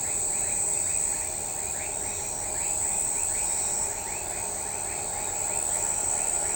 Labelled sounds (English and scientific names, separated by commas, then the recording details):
none
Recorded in shrubland near Pivijay, Magdalena, Colombia, on 18 April 2023 at 02:00
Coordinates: 10.453, -74.365
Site P5-G022